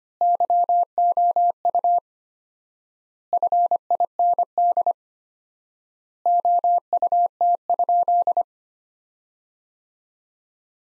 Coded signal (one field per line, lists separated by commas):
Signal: Morse code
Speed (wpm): 25 wpm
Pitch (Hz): 700 Hz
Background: none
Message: YOU FIND OUT?